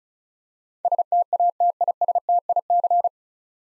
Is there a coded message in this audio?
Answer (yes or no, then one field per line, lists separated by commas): yes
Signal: Morse code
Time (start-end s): 0.8-3.1 s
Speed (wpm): 34 wpm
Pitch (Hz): 700 Hz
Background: none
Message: STATISTIC